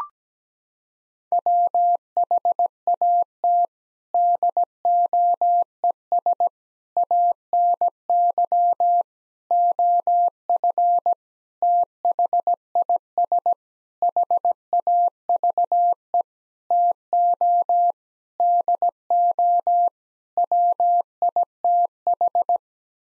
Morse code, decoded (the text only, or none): WHAT DOES ANY OF THIS HAVE TO DO WITH